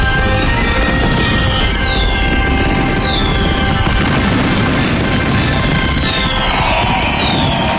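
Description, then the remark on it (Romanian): Fireworks set off at special events in Chinese cities marking the Chinese New Year, the Year of the Earth Dog: a dense, continuous roar of crackles and pops, with several high whistles sweeping downward in pitch every second or two, loud throughout, with no voices. “Mai multe orașe din China au organizat evenimente speciale pline de culoare, muzică și focuri de artificii.”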